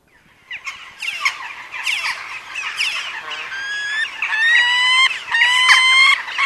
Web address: peregrine falcon